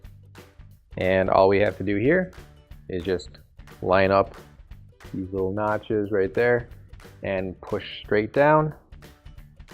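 A plastic cup shelf retainer clip (part 8268826, AP3046015, PS393046) for a Whirlpool dishwasher is lined up on its notches and pushed straight down onto the rack tine while someone talks. Only faint handling ticks are heard near the end, and nothing has seated or clicked yet.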